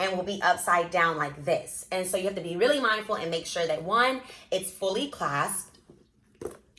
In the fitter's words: you know and you can hear the click if you guys can hear that